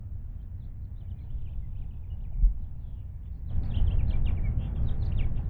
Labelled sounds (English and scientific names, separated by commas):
House Finch (Haemorhous mexicanus) song